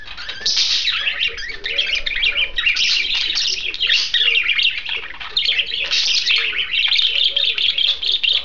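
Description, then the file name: Budgerigar chatter runs without a break: dense, scratchy chirping and warbling mixed with sharp clicks and brief squeaky notes. A pair of budgerigars. "suara pasangan parkit. omkicau"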